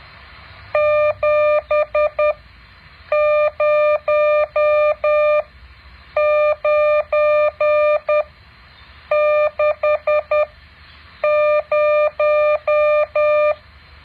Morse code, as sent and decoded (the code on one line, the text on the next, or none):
--... ----- ----. -.... -----
70960